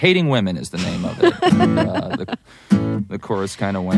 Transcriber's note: laughs